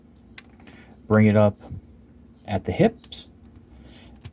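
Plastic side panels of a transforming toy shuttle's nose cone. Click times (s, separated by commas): 0.4 s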